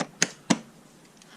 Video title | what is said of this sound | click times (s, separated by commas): Replacing Corroded Honda Odyssey 2004-2010 (3rd Gen) OEM Positive Battery Cable Assembly | like that they'll snap into place | 0.2 s, 0.5 s